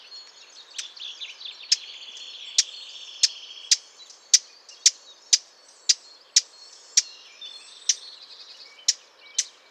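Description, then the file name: Eurasian blackcap giving hard, clicking tack calls, many sharp ticks at irregular intervals, with faint other bird sounds behind. "Sylvia atricapilla"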